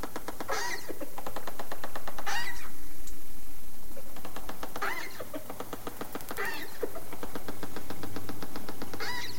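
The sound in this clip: Dolphin click trains, dense buzzing pulse bursts repeated every few seconds.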